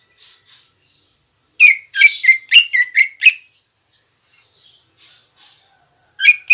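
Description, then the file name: Greater green leafbird calls: a rapid run of grating, squawky notes, then soft faint twitters and a final loud burst at the end. Female. "suara burung cucak ijo betina"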